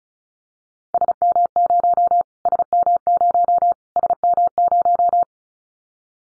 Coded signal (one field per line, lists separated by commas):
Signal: Morse code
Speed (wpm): 34 wpm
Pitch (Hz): 700 Hz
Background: none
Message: SM0 SM0 SM0